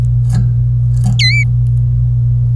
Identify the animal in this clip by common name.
Domestic Canary